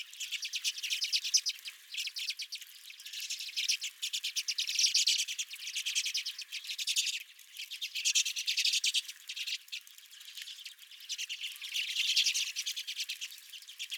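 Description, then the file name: Redpolls giving rapid, dry, buzzy chattering calls in overlapping bursts throughout, several birds calling together. Several redpolls at the recordist's feeder. "Redpolls at My Feeder"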